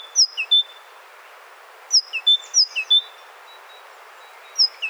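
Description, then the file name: Great tit calls: high, thin phrases of two or three notes, each dropping in pitch, given in three bursts with pauses of over a second between them. "Parus major"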